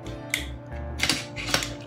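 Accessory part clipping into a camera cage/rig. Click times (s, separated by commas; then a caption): 0.3 s. After unscrewing at the back, an accessory part of a Sony Alpha A7S Mark III camera rig is fitted so it clips inside the cage. A sharp snap at 0.3 s marks it clipping into place, followed by a few softer handling knocks around 1.0, 1.1 and 1.5 s. The part is seated.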